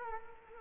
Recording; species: mosquito wingbeat signal from an infrared sensor; Culex quinquefasciatus